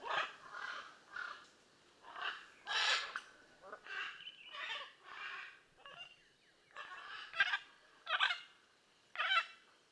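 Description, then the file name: Blue-and-yellow macaw giving many harsh, raspy squawks, some in quick pairs, with short pauses between. "Blue and yellow Macaw Ara ararauna"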